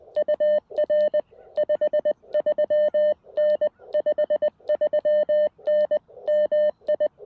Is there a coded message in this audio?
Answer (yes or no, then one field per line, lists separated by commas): yes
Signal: Morse code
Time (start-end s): 0.2-7.1 s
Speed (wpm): 20 wpm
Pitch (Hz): 590 Hz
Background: none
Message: UR 53N 53N MI